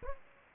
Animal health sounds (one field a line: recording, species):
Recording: mosquito wingbeat signal from an infrared sensor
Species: Aedes aegypti